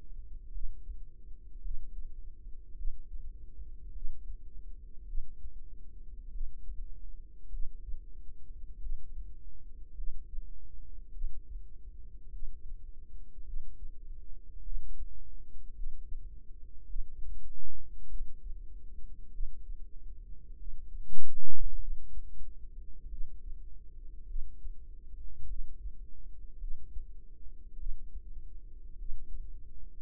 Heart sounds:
heart sounds by microphone in the right ear; 51 bpm
0.52 s: heartbeat
1.62 s: heartbeat
2.76 s: heartbeat
3.93 s: heartbeat
5.06 s: heartbeat
6.32 s: heartbeat
7.50 s: heartbeat
8.80 s: heartbeat
9.95 s: heartbeat
11.13 s: heartbeat
12.31 s: heartbeat
13.45 s: heartbeat
14.63 s: heartbeat
15.75 s: heartbeat
16.87 s: heartbeat
18.09 s: heartbeat
19.31 s: heartbeat
20.57 s: heartbeat
21.79 s: heartbeat
23.09 s: heartbeat
24.27 s: heartbeat
25.47 s: heartbeat
26.59 s: heartbeat
27.77 s: heartbeat
28.97 s: heartbeat
From the record:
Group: healthy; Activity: cold pressor test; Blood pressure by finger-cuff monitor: 106/61 mmHg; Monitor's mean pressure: 76 mmHg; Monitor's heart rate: 50 bpm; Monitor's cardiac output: 4.8 L/min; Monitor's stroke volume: 96 mL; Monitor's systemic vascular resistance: 1160 dyn s/cm5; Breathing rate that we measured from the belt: 22 breaths a minute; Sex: female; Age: 28 years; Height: 170 cm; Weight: 77 kg

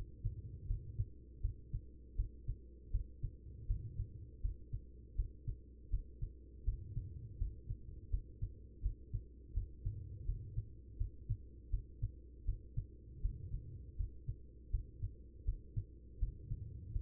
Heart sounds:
heart sounds by stethoscope; 81 bpm
0.66 s: heartbeat
1.40 s: heartbeat
2.15 s: heartbeat
2.90 s: heartbeat
3.66 s: heartbeat
4.41 s: heartbeat
5.15 s: heartbeat
5.89 s: heartbeat
6.64 s: heartbeat
7.37 s: heartbeat
8.09 s: heartbeat
8.81 s: heartbeat
9.53 s: heartbeat
10.25 s: heartbeat
10.97 s: heartbeat
11.69 s: heartbeat
12.44 s: heartbeat
13.21 s: heartbeat
13.96 s: heartbeat
14.70 s: heartbeat
15.44 s: heartbeat
16.18 s: heartbeat
16.92 s: heartbeat
From the record:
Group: healthy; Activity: rest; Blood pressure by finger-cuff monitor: 114/74 mmHg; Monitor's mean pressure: 87 mmHg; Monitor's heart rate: 81 bpm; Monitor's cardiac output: 5.7 L/min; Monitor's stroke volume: 70 mL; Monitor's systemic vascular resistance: 1130 dyn s/cm5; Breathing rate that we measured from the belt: 19 breaths a minute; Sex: female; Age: 43 years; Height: 160 cm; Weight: 90 kg

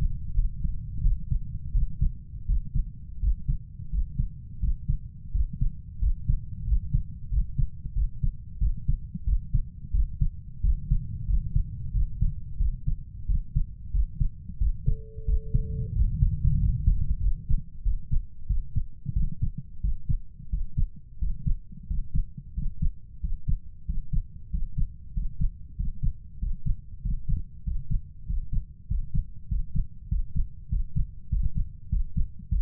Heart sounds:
heart sounds by stethoscope; 91 bpm
0.37 s: heartbeat
1.04 s: heartbeat
1.74 s: heartbeat
2.49 s: heartbeat
3.23 s: heartbeat
3.93 s: heartbeat
4.62 s: heartbeat
5.35 s: heartbeat
6.02 s: heartbeat
6.67 s: heartbeat
7.32 s: heartbeat
7.96 s: heartbeat
8.61 s: heartbeat
9.27 s: heartbeat
9.94 s: heartbeat
10.64 s: heartbeat
11.29 s: heartbeat
11.94 s: heartbeat
12.60 s: heartbeat
13.29 s: heartbeat
13.94 s: heartbeat
14.61 s: heartbeat
15.28 s: heartbeat
15.96 s: heartbeat
16.60 s: heartbeat
17.23 s: heartbeat
17.85 s: heartbeat
18.49 s: heartbeat
19.16 s: heartbeat
19.83 s: heartbeat
20.52 s: heartbeat
21.21 s: heartbeat
21.89 s: heartbeat
22.56 s: heartbeat
23.23 s: heartbeat
23.88 s: heartbeat
24.52 s: heartbeat
25.15 s: heartbeat
25.78 s: heartbeat
26.41 s: heartbeat
27.04 s: heartbeat
27.66 s: heartbeat
28.28 s: heartbeat
28.89 s: heartbeat
29.50 s: heartbeat
30.10 s: heartbeat
30.71 s: heartbeat
31.31 s: heartbeat
31.91 s: heartbeat
32.51 s: heartbeat
From the record:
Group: healthy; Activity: rest 0-15 s, Valsalva maneuver 15-33 s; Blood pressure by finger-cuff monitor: 141/85 mmHg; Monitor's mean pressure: 99 mmHg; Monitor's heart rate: 92 bpm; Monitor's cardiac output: 7.2 L/min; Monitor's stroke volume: 80 mL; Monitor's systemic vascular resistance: 1050 dyn s/cm5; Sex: male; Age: 21 years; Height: 175 cm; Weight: 72.6 kg

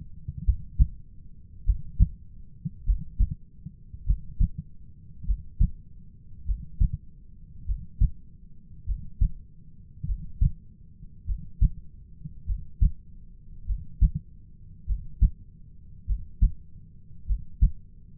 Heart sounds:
heart sounds by stethoscope; 50 bpm
0.43 s: heartbeat
1.63 s: heartbeat
2.83 s: heartbeat
4.03 s: heartbeat
5.23 s: heartbeat
6.43 s: heartbeat
7.63 s: heartbeat
8.84 s: heartbeat
10.04 s: heartbeat
11.24 s: heartbeat
12.44 s: heartbeat
13.64 s: heartbeat
14.84 s: heartbeat
16.04 s: heartbeat
17.24 s: heartbeat
From the record:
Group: heart failure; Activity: breath hold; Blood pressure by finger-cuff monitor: 68/41 mmHg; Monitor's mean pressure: 49 mmHg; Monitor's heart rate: 50 bpm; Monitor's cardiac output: 3.6 L/min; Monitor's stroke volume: 73 mL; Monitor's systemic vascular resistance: 890 dyn s/cm5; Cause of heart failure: dilated cardiomyopathy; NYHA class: 3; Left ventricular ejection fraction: 27%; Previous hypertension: present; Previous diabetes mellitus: present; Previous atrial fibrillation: present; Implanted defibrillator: present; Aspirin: present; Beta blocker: bisoprolol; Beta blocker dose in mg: 1.25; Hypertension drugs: sacubitril-valsartan, spironolactone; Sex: female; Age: 39 years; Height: 170 cm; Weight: 64 kg

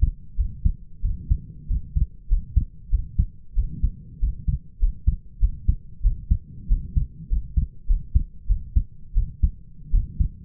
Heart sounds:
heart sounds by stethoscope; 94 bpm
0.36 s: heartbeat
1.02 s: heartbeat
1.68 s: heartbeat
2.29 s: heartbeat
2.90 s: heartbeat
3.55 s: heartbeat
4.20 s: heartbeat
4.80 s: heartbeat
5.40 s: heartbeat
6.02 s: heartbeat
6.68 s: heartbeat
7.29 s: heartbeat
7.87 s: heartbeat
8.47 s: heartbeat
9.14 s: heartbeat
9.91 s: heartbeat
From the record:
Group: healthy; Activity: rest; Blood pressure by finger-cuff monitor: 114/56 mmHg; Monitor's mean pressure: 73 mmHg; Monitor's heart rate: 97 bpm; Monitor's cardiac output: 7.7 L/min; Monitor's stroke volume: 78 mL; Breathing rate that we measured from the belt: 21 breaths a minute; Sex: male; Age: 22 years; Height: 181 cm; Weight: 60 kg

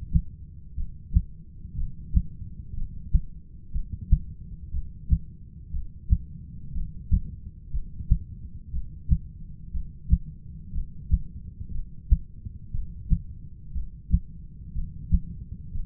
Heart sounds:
heart sounds by stethoscope; 60 bpm
0.75 s: heartbeat
1.76 s: heartbeat
2.75 s: heartbeat
3.72 s: heartbeat
4.71 s: heartbeat
5.71 s: heartbeat
6.73 s: heartbeat
7.71 s: heartbeat
8.71 s: heartbeat
9.72 s: heartbeat
10.73 s: heartbeat
11.72 s: heartbeat
12.72 s: heartbeat
13.73 s: heartbeat
14.73 s: heartbeat
15.73 s: heartbeat
From the record:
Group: heart failure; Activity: rest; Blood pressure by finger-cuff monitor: 113/77 mmHg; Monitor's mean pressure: 90 mmHg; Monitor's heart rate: 60 bpm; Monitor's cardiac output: 6.4 L/min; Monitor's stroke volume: 107 mL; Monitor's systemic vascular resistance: 1030 dyn s/cm5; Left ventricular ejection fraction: 25%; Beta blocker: metoprolol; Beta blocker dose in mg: 62.5 twice daily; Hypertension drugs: ramipril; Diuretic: furosemide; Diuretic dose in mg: 40 twice daily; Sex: male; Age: 57 years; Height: 180 cm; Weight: 90.5 kg

